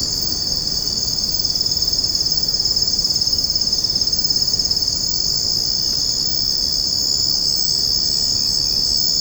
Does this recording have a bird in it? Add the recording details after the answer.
no. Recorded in secondary vegetation near Puerto Asís, Putumayo, Colombia, on 9 March 2025 at 03:00. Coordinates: 0.481, -76.318. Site G097